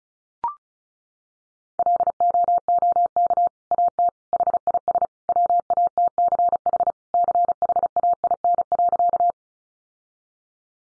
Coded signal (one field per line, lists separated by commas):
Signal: Morse code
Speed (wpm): 34 wpm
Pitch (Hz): 700 Hz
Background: none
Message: LOOK AT HIS WATCH CHAIN.